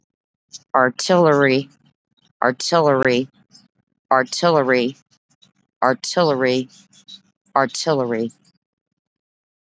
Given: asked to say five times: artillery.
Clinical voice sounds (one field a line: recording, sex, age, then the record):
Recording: repeated word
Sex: female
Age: 50 to 59 years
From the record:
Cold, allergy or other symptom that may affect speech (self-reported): no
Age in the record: 51 years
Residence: United States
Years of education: 12